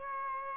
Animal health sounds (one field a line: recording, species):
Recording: mosquito wingbeat signal from an infrared sensor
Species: Aedes aegypti